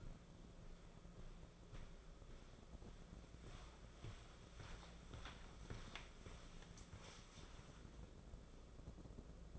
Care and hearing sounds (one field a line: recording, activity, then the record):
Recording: daily activity, microphone in the room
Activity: walk to room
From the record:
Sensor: 5